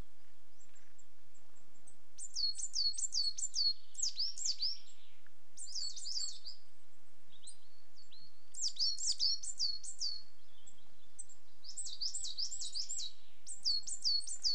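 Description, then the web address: Coal tits singing, several bursts of high repeated two-note phrases throughout, with faint thin calls between. Two pairs displaying. "BBC Sound Effects Library. Coal Tits"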